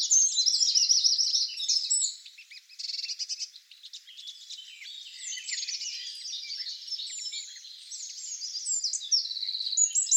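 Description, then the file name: Eurasian wren song: an explosive burst of rapid trills, a brief softer stretch, then a long run of tumbling high notes ending in a trill. "Troglodytes troglodytes"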